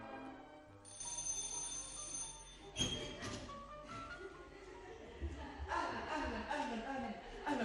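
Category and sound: signal or alarm, doorbell ringing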